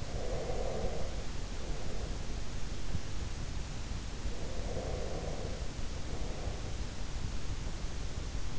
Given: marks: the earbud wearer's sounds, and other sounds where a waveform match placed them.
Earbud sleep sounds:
sounds in sleep by an in-ear microphone; breath
0.00-2.40 s: breath
4.35-7.21 s: breath

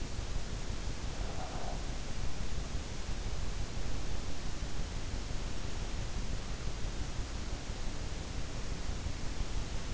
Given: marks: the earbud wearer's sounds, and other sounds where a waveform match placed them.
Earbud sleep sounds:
sounds in sleep by an in-ear microphone; breath
0.00-2.54 s: breath

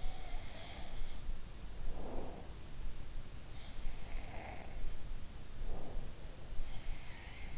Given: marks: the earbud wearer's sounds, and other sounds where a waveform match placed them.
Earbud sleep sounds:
sounds in sleep by an in-ear microphone; breath
0.00-1.29 s: sound from someone else or the room
1.57-2.82 s: breath
3.81-5.19 s: sound from someone else or the room
5.54-6.16 s: breath

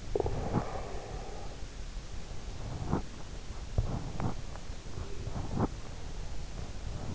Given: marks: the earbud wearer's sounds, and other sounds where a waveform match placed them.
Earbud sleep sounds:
sounds in sleep by an in-ear microphone; breath
0.35-1.48 s: breath

